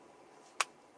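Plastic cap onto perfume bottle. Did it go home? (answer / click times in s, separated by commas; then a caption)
yes / 0.6 s. A cheap plastic cap with "Perry Ellis" around its rim is pressed back onto a Perry Ellis 360 White fragrance bottle. Against a quiet background, a single short, sharp, bright snap sounds at 0.6 s as the cap seats in place.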